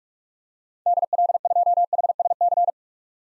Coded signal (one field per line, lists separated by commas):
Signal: Morse code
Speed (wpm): 43 wpm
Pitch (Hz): 700 Hz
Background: none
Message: DL2HSC